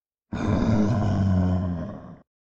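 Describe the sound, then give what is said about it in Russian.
A single loud, deep roar of a four-armed monster lasting about two seconds, rough and guttural with a low growling tone, starting abruptly and cutting off cleanly, with no talking, as it swats at someone climbing its back. “Оглушающе орёт он и пытается задеть меня, не глядя, шлепая по себе всеми 4 руками.”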